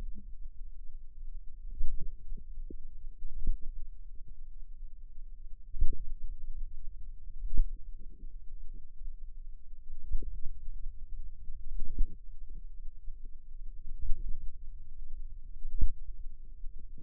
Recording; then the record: forearm muscle sounds (acoustic myography)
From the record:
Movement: finger pinch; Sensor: system 2, bracelet of six BSWA MPA416 microphones around the upper forearm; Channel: 2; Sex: female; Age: 22 years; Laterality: right